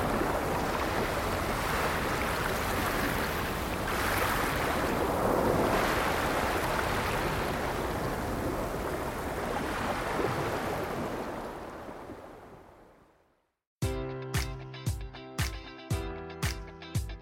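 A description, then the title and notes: Ocean surf washes steadily and densely for about twelve seconds, fades to silence, then sharp, regular beats with tones start abruptly. Sound of Ocean Shore.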